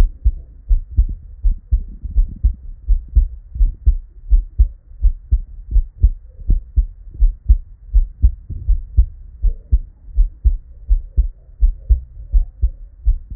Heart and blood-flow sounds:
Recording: heart sounds by stethoscope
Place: Erb's point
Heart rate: 83 bpm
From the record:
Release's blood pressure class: normal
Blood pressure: 108/58 mmHg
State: at rest

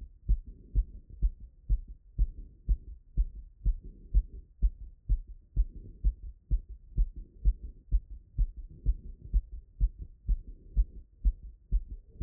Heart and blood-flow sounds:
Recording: heart sounds by stethoscope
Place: Erb's point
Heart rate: 99 bpm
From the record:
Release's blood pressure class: hypertension stage 1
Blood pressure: 132/69 mmHg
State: after exercise

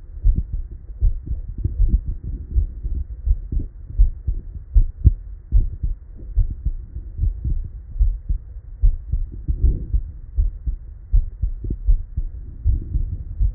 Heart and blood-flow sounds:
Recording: heart sounds by stethoscope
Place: Erb's point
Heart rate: 79 bpm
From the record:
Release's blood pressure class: normal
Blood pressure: 115/46 mmHg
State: at rest

